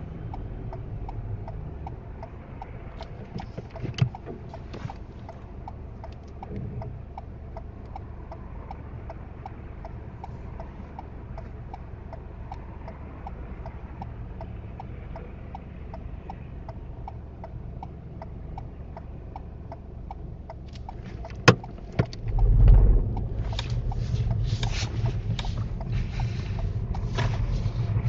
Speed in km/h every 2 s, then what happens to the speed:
0, 0, 0, 0, 0, 0, 0, 0, 0, 0, 0, 6, 8, 11.
0-20 standing. 20-28 pulls away to 11.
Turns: none.